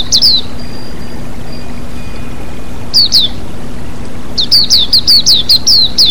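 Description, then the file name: White-eye chirping in three bursts of sharp, falling notes, the last a longer quick run, over a constant water rush and hum. White-eye with flowing water, bird therapy. "terapi air mengalir burung pleci"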